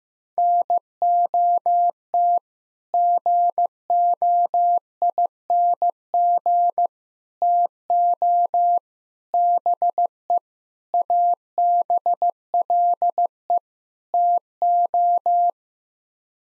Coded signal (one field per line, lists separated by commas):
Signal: Morse code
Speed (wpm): 15 wpm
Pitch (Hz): 700 Hz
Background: none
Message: NOT GOING TO BE ABLE TO